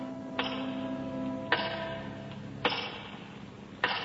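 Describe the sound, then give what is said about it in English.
Four sharp, loud clock ticks land at a slow, steady pace about a second apart, each with a brief ringing tail, over a low steady hum. “And again, you stare out the window at the big clock, its face now brilliant with electrical illumination.”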